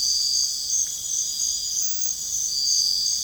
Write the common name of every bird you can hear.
none